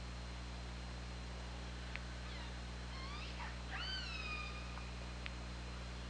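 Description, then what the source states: Killer whale calls overlapping in a short burst, several rising and flattening squeals with harmonics, two sharp clicks, and a steady low drone beneath. Recorded on the OrcaLab hydrophone, 24 August 2017 at 21:34.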